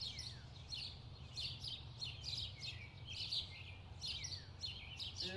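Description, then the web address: Bird chirps, many short high descending notes from several birds overlapping, with a steady low rumble of background noise throughout. Distant birds in a park. "sound-effects-bible Park Birds Distant"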